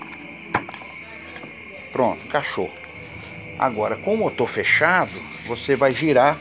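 With the engine open, the carburetor box of a Vespa PX200 is turned and rocked until its metal autolube drive gear meshes and drops into place in the engine case, seating with a sharp hit at 0.6 s. A softer tick follows, and then someone talks.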